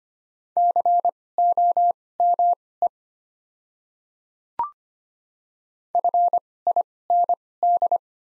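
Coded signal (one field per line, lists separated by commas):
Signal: Morse code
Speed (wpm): 25 wpm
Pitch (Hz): 700 Hz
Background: none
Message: COME FIND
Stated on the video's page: Morse practice of the top 300 words at 25 wpm with Farnsworth timing using doubled character spacing.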